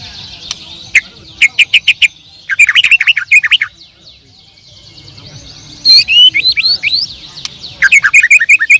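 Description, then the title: Bird singing in short bursts: staccato chips, a looping twitter, a pause, then a run of rising whistled notes. "Kicau Burung"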